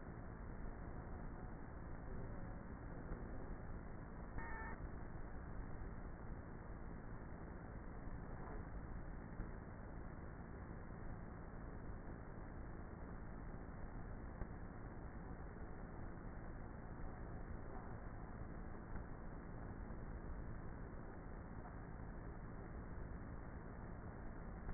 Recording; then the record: honeybee colony, microphone inside the hive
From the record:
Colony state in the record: queenless with a low population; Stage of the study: before two queens were removed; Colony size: about 30,000 bees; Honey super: no